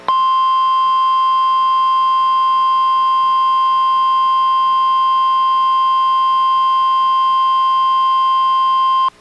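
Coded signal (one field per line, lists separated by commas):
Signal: Emergency Alert System (SAME) tones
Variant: 1050 Hz attention tone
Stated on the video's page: Real NOAA Weather Radio required weekly test relayed by a weather radio transmitter, recorded from a Reecom R-1630 weather radio via a Zoom H1 recorder.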